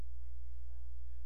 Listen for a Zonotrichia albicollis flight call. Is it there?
no